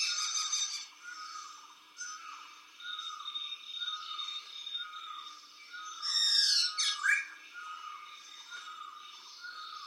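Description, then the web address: Frogs in a night chorus: a steady run of short chirps, with a loud metallic, ringing burst after the middle. Night chorus of frogs described as metallic frogs, recorded in Colombia. "colombia Noche de ranas metalicas"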